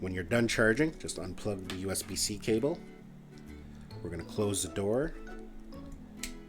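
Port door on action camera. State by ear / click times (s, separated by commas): seated / 6.2 s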